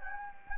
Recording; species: mosquito wingbeat signal from an infrared sensor; Anopheles gambiae